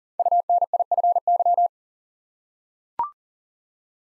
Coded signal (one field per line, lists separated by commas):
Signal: Morse code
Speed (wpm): 43 wpm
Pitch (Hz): 700 Hz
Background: none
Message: UNIFY